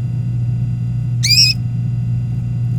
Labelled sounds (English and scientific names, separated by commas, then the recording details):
Domestic Canary (Serinus canaria) song
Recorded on 24 April 2018 at 18:26
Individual llb3